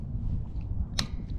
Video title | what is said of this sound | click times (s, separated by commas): Toyota Avalon 2013 to 2018 Wiper Blade Replacement | Click put this down | 1.0 s